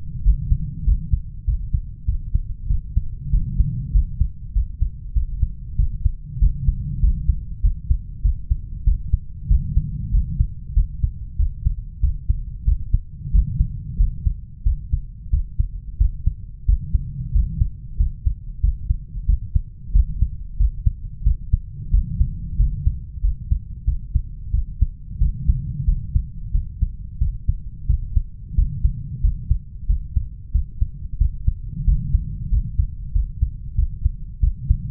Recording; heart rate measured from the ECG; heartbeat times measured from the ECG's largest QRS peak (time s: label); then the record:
heart sounds by stethoscope; 93 bpm
0.26 s: heartbeat
0.87 s: heartbeat
1.48 s: heartbeat
2.08 s: heartbeat
2.70 s: heartbeat
3.33 s: heartbeat
3.95 s: heartbeat
4.56 s: heartbeat
5.16 s: heartbeat
5.79 s: heartbeat
6.42 s: heartbeat
7.03 s: heartbeat
7.64 s: heartbeat
8.25 s: heartbeat
8.87 s: heartbeat
9.50 s: heartbeat
10.14 s: heartbeat
10.76 s: heartbeat
11.39 s: heartbeat
12.03 s: heartbeat
12.67 s: heartbeat
13.34 s: heartbeat
14.00 s: heartbeat
14.66 s: heartbeat
15.33 s: heartbeat
16.00 s: heartbeat
16.68 s: heartbeat
17.35 s: heartbeat
18.00 s: heartbeat
18.63 s: heartbeat
19.28 s: heartbeat
19.95 s: heartbeat
20.60 s: heartbeat
21.26 s: heartbeat
21.93 s: heartbeat
22.59 s: heartbeat
23.24 s: heartbeat
23.87 s: heartbeat
24.54 s: heartbeat
25.21 s: heartbeat
25.88 s: heartbeat
26.54 s: heartbeat
27.21 s: heartbeat
27.89 s: heartbeat
28.58 s: heartbeat
29.24 s: heartbeat
29.89 s: heartbeat
30.54 s: heartbeat
31.20 s: heartbeat
31.87 s: heartbeat
32.52 s: heartbeat
33.15 s: heartbeat
33.78 s: heartbeat
34.43 s: heartbeat
From the record:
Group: healthy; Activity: rest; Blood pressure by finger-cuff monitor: 147/86 mmHg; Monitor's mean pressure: 107 mmHg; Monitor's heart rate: 93 bpm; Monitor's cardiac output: 8 L/min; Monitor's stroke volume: 86 mL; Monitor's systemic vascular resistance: 1000 dyn s/cm5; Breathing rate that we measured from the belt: 19 breaths a minute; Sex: male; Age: 21 years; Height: 175 cm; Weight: 72.6 kg